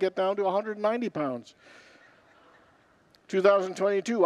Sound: congregants laugh